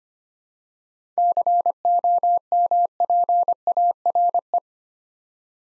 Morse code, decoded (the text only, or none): COMPARE